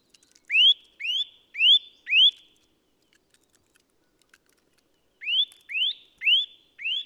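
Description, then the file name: Eurasian nuthatch giving rapid upslurred whistles, four in a row, a pause of about three seconds, then another run of four. "Sitta europaea"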